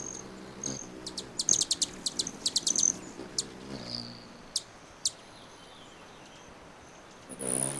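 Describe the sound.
Broad-tailed hummingbird giving a rapid flurry of sharp high chips, then a few spaced notes, with a thin metallic trill near the end.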